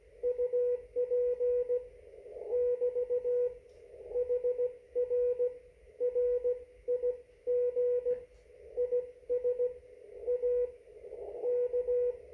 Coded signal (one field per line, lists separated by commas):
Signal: Morse code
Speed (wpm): 16 wpm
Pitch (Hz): 490 Hz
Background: radio noise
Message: UP <BT> HR RIG IS A K